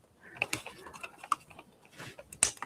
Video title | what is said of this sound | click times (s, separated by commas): Today on Redcat Live - ep. 229 AZ Super Show prep continues. | There we go. Was able to snap it in place. | 2.4 s